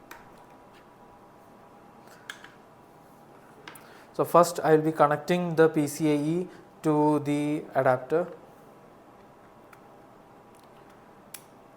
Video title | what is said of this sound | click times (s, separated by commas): Connecting a PATA (IDE) Drive to Tableau TX1 & TX2 – DFIR Academy Technical Guide | So now that click sound means that this connection was done | 11.4 s